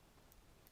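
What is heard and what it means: A microSD card in the push-push card slot of a GoPro Hero 8 Black action camera is pushed in again so the slot releases it. A small, sharp click is heard at 0.3 s, and a second similar tick follows at 0.7 s over a quiet background. The card clicks out and is released from the slot.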